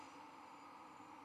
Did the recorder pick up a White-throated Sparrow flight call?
no